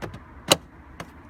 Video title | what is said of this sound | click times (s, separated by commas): Audi A6 C7 2.0 TDI Basic Service | so you can hear it locking into place | 0.5 s